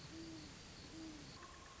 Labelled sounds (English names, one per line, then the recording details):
Great Horned Owl
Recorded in Sonoma County, California